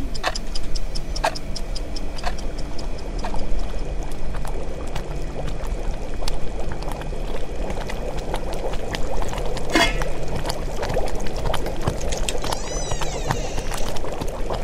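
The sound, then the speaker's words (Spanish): Steady hissing, bubbling liquid from a cooking pot runs throughout, broken by sharp metallic clicks and rattles as the pot lid pops off, with one louder clack near the end, no voices. “¡Se destapó la olla!”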